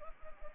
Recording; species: mosquito wingbeat signal from an infrared sensor; Anopheles arabiensis